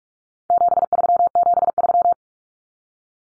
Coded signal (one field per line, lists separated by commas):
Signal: Morse code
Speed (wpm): 44 wpm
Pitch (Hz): 700 Hz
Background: none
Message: 7373